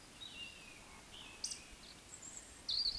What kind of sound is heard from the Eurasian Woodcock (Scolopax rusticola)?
whistle, croak